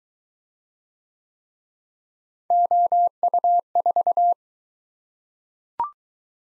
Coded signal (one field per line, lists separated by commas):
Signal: Morse code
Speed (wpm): 20 wpm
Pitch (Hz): 700 Hz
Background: none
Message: OU4